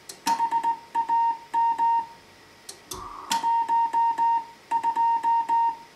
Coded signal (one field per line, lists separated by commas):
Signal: Morse code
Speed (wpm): 18 wpm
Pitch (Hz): 920 Hz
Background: music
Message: HAM 12